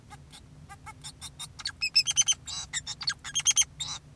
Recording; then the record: song of a male Bengalese finch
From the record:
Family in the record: son of father 2, and himself father 4